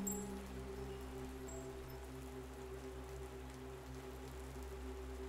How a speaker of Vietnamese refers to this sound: bên ngoài tiếng mưa vẫn rơi lộp bộp trên mái hiên.